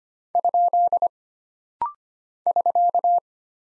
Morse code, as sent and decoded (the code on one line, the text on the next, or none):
..--.. / ...-.-
? <SK>